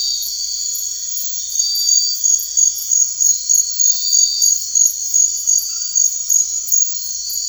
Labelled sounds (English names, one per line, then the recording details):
none
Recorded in secondary vegetation near Puerto Asís, Putumayo, Colombia, on 9 March 2025 at 23:30
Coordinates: 0.499, -76.323
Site G094